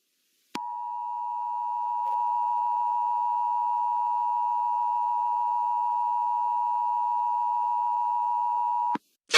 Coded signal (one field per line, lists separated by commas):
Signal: Emergency Alert System (SAME) tones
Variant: 853 and 960 Hz attention tone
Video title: Eas child abduction